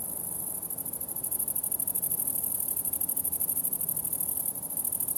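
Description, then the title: Grasshopper stridulation, a thin, high, pulsing buzz that grows a little stronger after the first second, with a faint low hum underneath. Summer ambience at the farm of Villers Abbey, Villers-la-Ville, Belgium; several grasshoppers; recorded on Sony PCM-D100 internal microphones in wide position. "Ferme de lAbbaye de Villers, 1495 Villers-la-Ville, Belgique - Grasshoppers"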